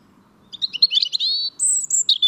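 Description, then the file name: European robin song phrase: a rapid jumble of high twittering notes followed by thin, sustained whistles shifting between pitches, with soft low background hum. "Erithacus rubecula"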